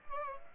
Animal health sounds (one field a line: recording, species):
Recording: mosquito wingbeat signal from an infrared sensor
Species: Aedes aegypti